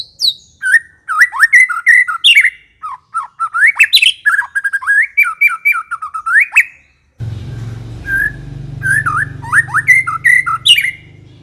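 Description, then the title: White-rumped shama singing a long rich medley of whistles, slurs and chattering notes; low rumbling background noise enters midway. Lure meant to provoke a fierce, aggressive white-rumped shama. "Pancingan Murai Batu Galak"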